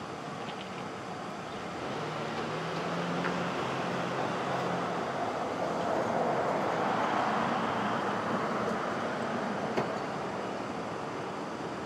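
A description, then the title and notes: Brooklyn at dawn: a steady wash of traffic noise fills the whole clip, a dense rumble with no gaps. Around two to three seconds a low hum rises briefly, and the roar swells gently near the middle before easing. A faint sharp click sounds near ten seconds. Brooklyn Dawn. Street Traffic.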